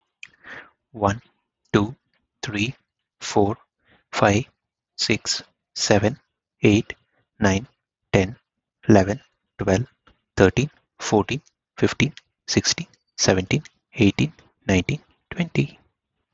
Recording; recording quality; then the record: counting at a normal pace; excellent, no background noise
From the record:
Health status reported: healthy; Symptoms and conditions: hypertension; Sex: male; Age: 50 years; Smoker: not ticked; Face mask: not worn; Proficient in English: yes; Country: India